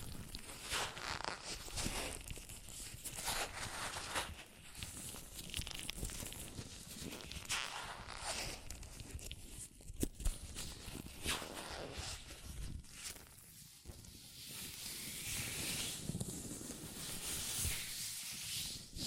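Hands in latex gloves rub, squeeze and handle each other in a continuous stream of soft, crinkly friction. The rustling is dense and uneven, with brighter swishy passages toward the end and one sharp snap just before the ten-second mark.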